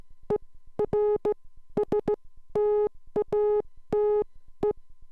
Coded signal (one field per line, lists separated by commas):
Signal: Morse code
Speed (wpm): 16 wpm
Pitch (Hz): 420 Hz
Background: none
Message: ERSTATE